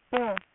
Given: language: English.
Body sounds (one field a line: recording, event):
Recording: throat vibration sensor signal played as sound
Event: speech